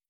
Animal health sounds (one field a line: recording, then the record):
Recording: hydrophone in a shrimp aquaculture tank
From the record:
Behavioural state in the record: stressed